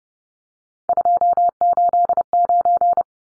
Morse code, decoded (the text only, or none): 289